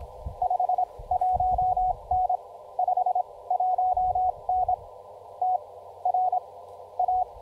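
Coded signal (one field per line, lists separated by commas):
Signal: Morse code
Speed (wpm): 24 wpm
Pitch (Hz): 730 Hz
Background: none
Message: 51N 51N TRA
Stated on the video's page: Parks on the Air CW activation keyed with a Begali Traveler paddle, using an Elecraft KX2 and an EndFedz trail-friendly antenna.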